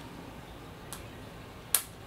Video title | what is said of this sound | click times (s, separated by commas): TinyTimer KickStarter Edition - revised Assembly video | and now i'm going to drop in the tactile switches these will just snap into place | 1.8 s